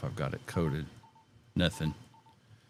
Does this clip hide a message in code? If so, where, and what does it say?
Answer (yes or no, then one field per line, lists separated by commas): no